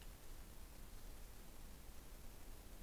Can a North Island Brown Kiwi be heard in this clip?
no